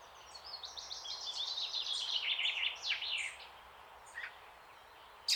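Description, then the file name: Eurasian blackcap delivering a quick scratchy warble that fades out, followed by a couple of isolated sharp notes. "Sylvia atricapilla"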